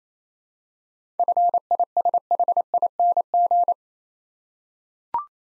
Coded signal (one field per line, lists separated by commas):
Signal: Morse code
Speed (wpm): 28 wpm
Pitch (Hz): 700 Hz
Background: none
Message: FISHING